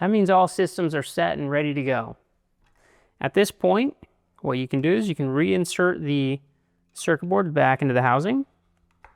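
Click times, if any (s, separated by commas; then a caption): none. A circuit board is being handled to go back into the plastic housing of a stovetop fire suppression unit while someone talks. Near the end, two faint short sounds are heard around 8.9 and 9.0 seconds. Nothing has seated or clicked into place yet.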